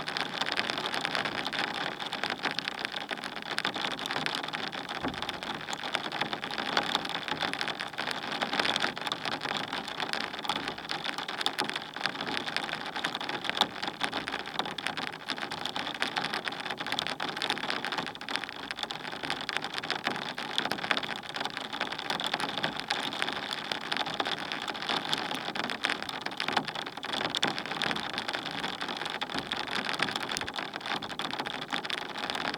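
Rain falls steadily on a plastic surface, a dense, even patter of countless small drops with no pauses. The tapping sounds hollow and bright, holding the same constant level for the whole recording without building or easing.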